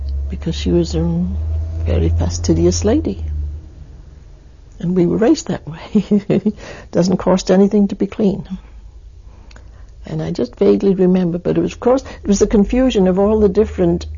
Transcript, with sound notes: because she was her own, very fastidious lady. And we were raised that way (she laughs) it doesn't cost anything to be clean. And I just vaguely remember but it was of course, it was the confusion of all the different